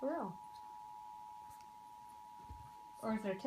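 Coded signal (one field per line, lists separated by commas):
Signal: Emergency Alert System (SAME) tones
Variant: 853 and 960 Hz attention tone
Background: speech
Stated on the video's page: Fake mock-up emergency alert mirrored onto a TV as a prank.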